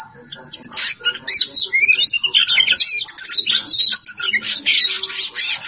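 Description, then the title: Oriental magpie-robin song: a dense, loud run of varied whistles, chirps and harsh notes, jumping quickly between high and middle pitches almost without pause. "Kacer"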